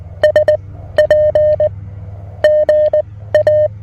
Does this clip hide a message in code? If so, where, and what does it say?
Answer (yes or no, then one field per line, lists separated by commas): yes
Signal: Morse code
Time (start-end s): 0.2-3.7 s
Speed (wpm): 20 wpm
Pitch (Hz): 610 Hz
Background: none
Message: SP GA